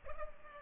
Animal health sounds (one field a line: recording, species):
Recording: mosquito wingbeat signal from an infrared sensor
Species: Culex pipiens